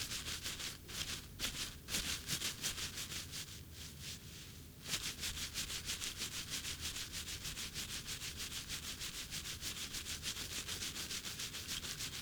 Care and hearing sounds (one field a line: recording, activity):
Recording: daily activity, guitar pickup as the sensor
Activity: brush teeth